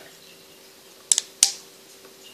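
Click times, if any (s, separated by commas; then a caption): 1.1 s, 1.4 s. The legs of a vintage Betsy McAll doll are brought back up to the standing position in their hip joints. Two sharp, bright clicks sound at 1.1 s (with a faint follow-up tick just after) and 1.4 s against a quiet background. The hip joints click back into their locked position, and the legs are now stiff.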